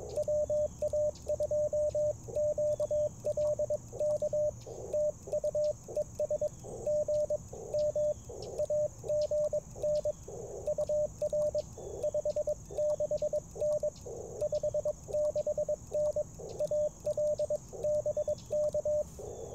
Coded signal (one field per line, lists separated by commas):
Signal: Morse code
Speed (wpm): 21 wpm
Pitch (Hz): 590 Hz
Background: radio noise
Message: WA2QLK TU ES GM AGN UR 56N 56N AL BK